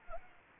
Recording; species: mosquito wingbeat signal from an infrared sensor; Anopheles gambiae